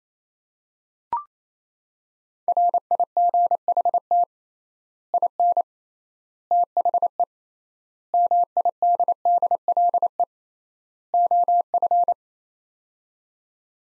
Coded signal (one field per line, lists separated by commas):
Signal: Morse code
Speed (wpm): 28 wpm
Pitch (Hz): 700 Hz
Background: none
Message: RIGHT IN THE MIDDLE OF